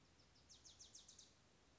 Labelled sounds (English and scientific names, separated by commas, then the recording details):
Wilson's Warbler (Cardellina pusilla)
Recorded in Sonoma County, California